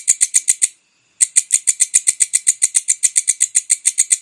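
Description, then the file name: Bush cricket calling with loud, rapid, high buzzy pulses, broken by one short silence early on. "suara walang kecek"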